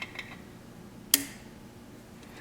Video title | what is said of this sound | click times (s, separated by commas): Inserting the Bobbin into a Juki8700 | once you hear that click you know your bobin is securely in place and you can return | 1.1 s